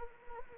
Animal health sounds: mosquito wingbeat signal from an infrared sensor; Anopheles arabiensis

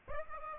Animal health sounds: mosquito wingbeat signal from an infrared sensor; Aedes aegypti

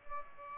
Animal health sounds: mosquito wingbeat signal from an infrared sensor; Aedes aegypti

